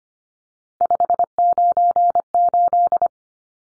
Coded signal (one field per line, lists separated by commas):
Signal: Morse code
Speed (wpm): 25 wpm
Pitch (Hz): 700 Hz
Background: none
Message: 598